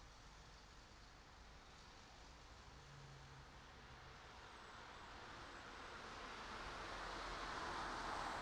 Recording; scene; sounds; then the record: everyday scene through a hearing-aid microphone; in traffic; traffic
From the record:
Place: city secondary road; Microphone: in the ear canal, right